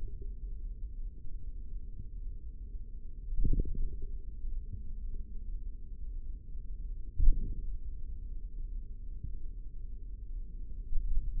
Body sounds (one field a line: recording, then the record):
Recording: forearm muscle sounds (acoustic myography)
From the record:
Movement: tripod grip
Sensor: system 3, bracelet of six PUI Audio POM-2738L microphones around the upper forearm, with dedicated amplification and filtering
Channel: 4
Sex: male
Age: 25 years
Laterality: right